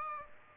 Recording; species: mosquito wingbeat signal from an infrared sensor; Aedes aegypti